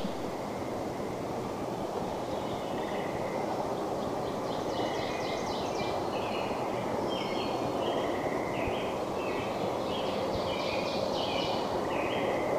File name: Common Yellowthroat